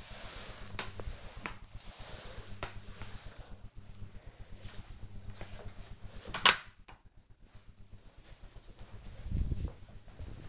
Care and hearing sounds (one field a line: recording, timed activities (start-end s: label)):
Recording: household activities, microphone on the right wrist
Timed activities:
0.00-4.69 s: floor cleaning